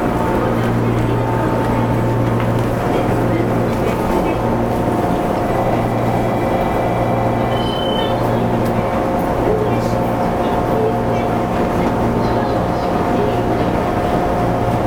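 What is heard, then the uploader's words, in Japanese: Running sound of a 415 series local train on the Nippo Line: a steady, dense rumble at an even volume throughout. A low hum swells and fades in a regular beat about once a second, with faint thin whines and murmuring voices underneath. JR九州の415系の走行音です。日豊線の普通電車にて収録。区間は、大分から別府までです。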